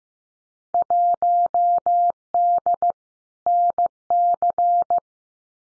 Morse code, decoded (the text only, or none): 1D NC